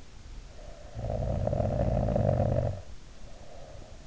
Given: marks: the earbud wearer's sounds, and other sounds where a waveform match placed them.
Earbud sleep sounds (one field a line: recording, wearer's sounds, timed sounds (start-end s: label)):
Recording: sounds in sleep by an in-ear microphone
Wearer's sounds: snoring breath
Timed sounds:
0.37-3.99 s: snoring breath